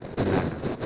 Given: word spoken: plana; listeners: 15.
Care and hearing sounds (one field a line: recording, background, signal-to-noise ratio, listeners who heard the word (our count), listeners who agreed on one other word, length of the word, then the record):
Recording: one Spanish word in noise, from a listening test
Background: noise modulated by three-talker babble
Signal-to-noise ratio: -4.5 dB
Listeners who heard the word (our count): 4 of 15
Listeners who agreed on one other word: 6 of 15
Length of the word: 0.46 s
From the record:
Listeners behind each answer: 6, 4, 1, 1, 1, 1, 1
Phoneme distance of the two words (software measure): 7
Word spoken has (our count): 2 syllables, 5 phonemes, stress on syllable 1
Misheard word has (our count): 2 syllables, 4 phonemes, stress on syllable 1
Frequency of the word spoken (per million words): 10.55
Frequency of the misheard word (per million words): 12.77